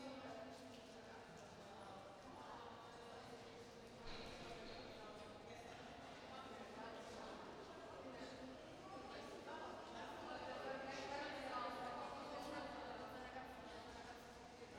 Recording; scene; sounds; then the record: everyday scene through a hearing-aid microphone; reverberant space; background noise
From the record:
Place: railway station hall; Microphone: in the ear canal, right